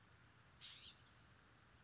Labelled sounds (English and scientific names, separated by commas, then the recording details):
California Scrub-Jay (Aphelocoma californica)
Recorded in Sonoma County, California